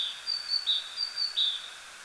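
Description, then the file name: Great tit giving a rapid series of paired notes, high then lower, three phrases in two seconds over constant soft hiss. "Parus major"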